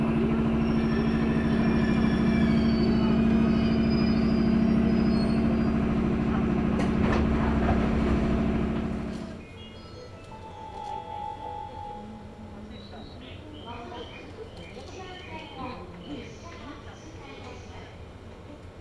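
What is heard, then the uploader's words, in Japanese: A local train on the Chuo Line sits at a station, its loud, steady motor drone with a constant low hum filling the first nine seconds. The drone then cuts out abruptly, leaving quieter background murmur, faint voices and a brief tone around eleven seconds. 中央東線普通 大月→高尾。四方津駅で特急の通過待ちで9分停車します。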